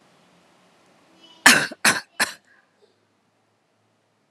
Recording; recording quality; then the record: shallow voluntary cough; excellent, no background noise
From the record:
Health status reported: healthy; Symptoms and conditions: none ticked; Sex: female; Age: 32 years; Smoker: not ticked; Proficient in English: yes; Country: India